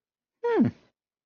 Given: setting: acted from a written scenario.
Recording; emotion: vocal sound without words; interest